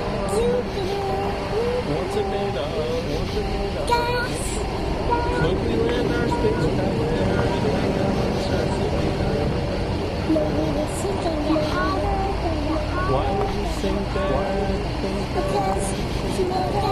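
Steady, dense highway traffic roars from start to finish, a deep, constant rumble with no gaps. Voices talk throughout, busy above the traffic, and brief hissing bursts cut in near the start, around four seconds, ten seconds and fourteen seconds.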